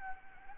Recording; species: mosquito wingbeat signal from an infrared sensor; Anopheles gambiae